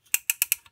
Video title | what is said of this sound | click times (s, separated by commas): FansHobby Mb02 (Repugnus Master Piece) review en Español | fuerte y sus hizo clic estamos | 0.1 s, 0.3 s